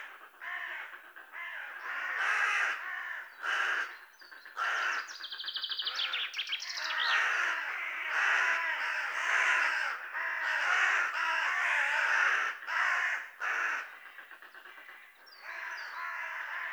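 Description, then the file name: Carrion crow giving harsh, broad caws in irregular runs, some drawn out, others clipped, with a few faint higher bird notes in between. "Corvus corone"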